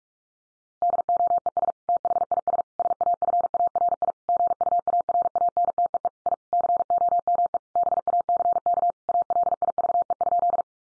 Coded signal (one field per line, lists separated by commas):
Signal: Morse code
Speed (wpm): 44 wpm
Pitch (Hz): 700 Hz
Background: none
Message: DOES THIS SAFARI GUARANTEE I COME BACK ALIVE?